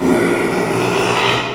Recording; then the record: squeal of a Yucatan mini pig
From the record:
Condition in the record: after surgery on the right vocal fold (resection and tissue-engineered implant); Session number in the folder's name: 1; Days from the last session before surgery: 6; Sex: male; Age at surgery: 12 weeks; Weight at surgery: 13 kg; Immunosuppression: cyclosporine, prednisolone